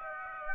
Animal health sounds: mosquito wingbeat signal from an infrared sensor; Aedes aegypti

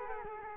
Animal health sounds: mosquito wingbeat signal from an infrared sensor; Culex quinquefasciatus

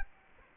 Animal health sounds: mosquito wingbeat signal from an infrared sensor; Culex quinquefasciatus

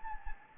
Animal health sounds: mosquito wingbeat signal from an infrared sensor; Anopheles gambiae

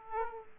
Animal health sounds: mosquito wingbeat signal from an infrared sensor; Aedes aegypti

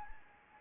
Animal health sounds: mosquito wingbeat signal from an infrared sensor; Anopheles arabiensis

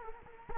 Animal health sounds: mosquito wingbeat signal from an infrared sensor; Culex quinquefasciatus

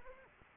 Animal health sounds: mosquito wingbeat signal from an infrared sensor; Anopheles arabiensis

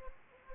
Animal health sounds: mosquito wingbeat signal from an infrared sensor; Anopheles gambiae

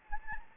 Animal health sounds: mosquito wingbeat signal from an infrared sensor; Anopheles gambiae

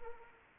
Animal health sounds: mosquito wingbeat signal from an infrared sensor; Anopheles arabiensis

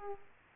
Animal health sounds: mosquito wingbeat signal from an infrared sensor; Aedes aegypti

